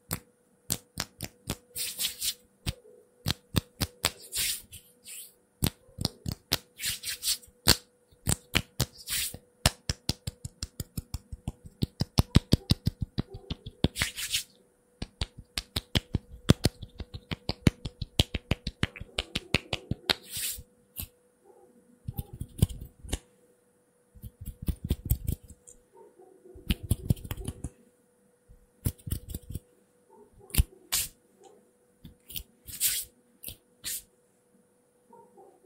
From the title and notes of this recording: ASMR Fast & unpredictable hand sounds hand movements (No Talking).